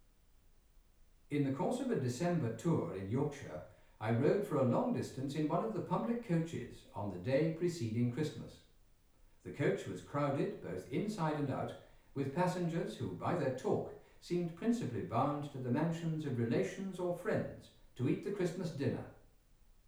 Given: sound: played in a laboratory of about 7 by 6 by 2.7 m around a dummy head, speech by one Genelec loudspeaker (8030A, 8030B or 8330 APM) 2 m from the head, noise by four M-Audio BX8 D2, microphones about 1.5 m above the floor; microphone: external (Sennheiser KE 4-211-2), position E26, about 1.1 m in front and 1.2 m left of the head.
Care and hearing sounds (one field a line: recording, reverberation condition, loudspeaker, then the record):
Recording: male speech in English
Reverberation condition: medium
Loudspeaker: 90 degrees to the right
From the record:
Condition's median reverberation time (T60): about 510 ms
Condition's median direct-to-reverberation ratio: about -0.5 dB